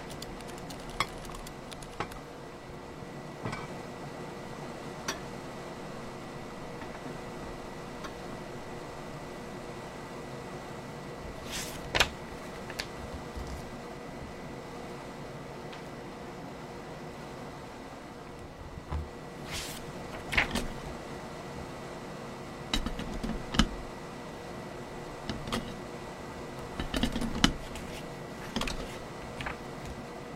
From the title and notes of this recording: Late-night coffee bar in 2024, typing, handwriting, flipping through.